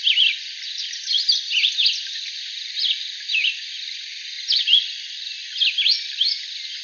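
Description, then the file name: Red-eyed vireo song of short whistled phrases, rising and falling, delivered one after another with brief pauses. Arizona, 22 July 2001. "REVI deviche"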